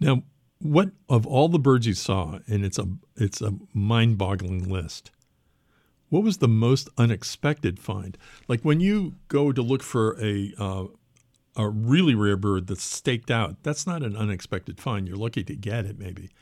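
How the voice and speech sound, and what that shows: A man speaks clearly at an ordinary pace and low pitch in an interview, with typical fluent speech.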